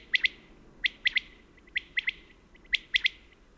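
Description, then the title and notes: Common quail song: a loud, sharp three-note phrase, one short note then two quick ones, given three times after a partial opening phrase, with faint softer notes between phrases. At a mountain pass above Gap, singing actively at daybreak around 5 a.m.; species still common there. "la Caille des blés (Coturnix coturnix)encore commune au col bayard au-dessus de Gap"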